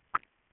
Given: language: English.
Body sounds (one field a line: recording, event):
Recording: throat vibration sensor signal played as sound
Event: swallow